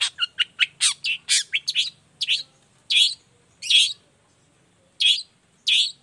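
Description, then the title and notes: Long-tailed shrike song: harsh, varied chattering notes in a quick burst, then spaced, scratchy phrases about once a second. Cendet (long-tailed shrike) singing actively in the morning; song with varied 'toet toet' notes, used as a lure to make shrikes of any type reply and open their beaks. "Cendet Gacor Dor Di Kala Pagi Toet Toet Variasi Suara. Cendet Gacor Efektif Pancingan Buat Cendet Jenis Apapun Agar Cepat Nyaut Buka Paruh. Burung cendet"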